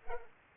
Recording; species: mosquito wingbeat signal from an infrared sensor; Culex pipiens